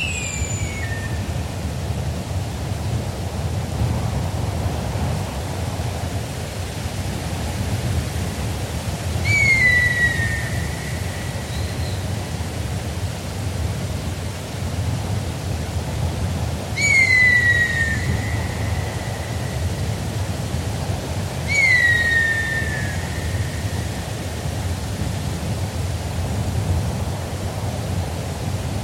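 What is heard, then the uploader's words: Steady wind rustles through forest trees while a hawk gives a descending scream near the start, then three more around 9, 17 and 22 seconds. Forest Ambience with Birds of Prey. A cool breeze rustles the trees of the forest.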